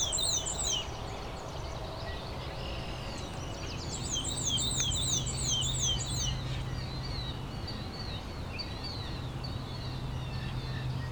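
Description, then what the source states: Killdeer calls: piercing slurred notes repeated rapidly in runs. Several killdeers flying over.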